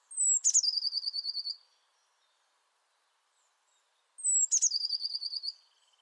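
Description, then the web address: Bird calls twice, about four seconds apart, each a high descending whistle followed by a rapid buzzy trill lasting roughly a second, with quiet between. "Deverinetal 2025 File origin Bird Only Cy Ca"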